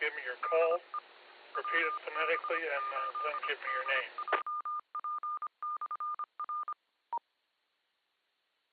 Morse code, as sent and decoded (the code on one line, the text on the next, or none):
-.. . / .-- -... ---.. -.. .--- .--. -..-. .-.
DE WB8DJP/R